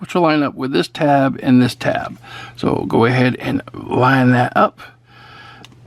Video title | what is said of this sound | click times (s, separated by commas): Transformers: Studio Series: Constructicons Special Presentation: Part 2 of 7 : Bonecrusher | And that will go into spot. And you'll hear some clicking and that is really good. | 5.6 s